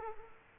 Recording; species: mosquito wingbeat signal from an infrared sensor; Culex quinquefasciatus